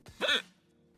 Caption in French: Le diaphragme se met à faire des siennes, l'air dans les poumons n'est plus aussi bien régulé. Donc, pour éviter de faire rentrer trop d'air, la glotte n'a plus d'autre choix que de se fermer brutalement. Ça freine l'arrivée d'air. C'est comme ça que se forme ce charmant petit bruit du hockey.